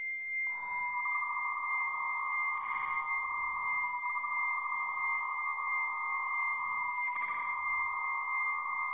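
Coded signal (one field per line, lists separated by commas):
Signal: dial-up modem handshake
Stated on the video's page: Dial-up internet sound slowed down to 10% speed.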